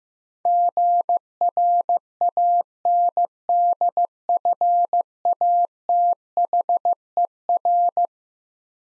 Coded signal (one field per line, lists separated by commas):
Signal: Morse code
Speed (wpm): 15 wpm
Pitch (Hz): 700 Hz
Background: none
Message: GRANDFATHER